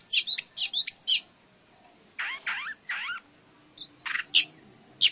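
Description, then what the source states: Long-tailed shrike song, quick scratchy chirps followed by slurred sweeping notes, then several short harsh bursts. Song in the combination (kombinasi) style of mixed mimicry, used for training.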